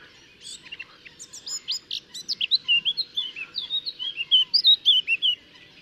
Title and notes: Toutinegra de barrete preto (Sylvia atricapilla). Aves da Quinta das Terezinhas - Colégio Valsassina